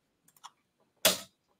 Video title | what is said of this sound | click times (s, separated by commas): Episode 254: At Your Side Virtually! Quilt to Fashion to Tennis | and it snaps right up. | 1.0 s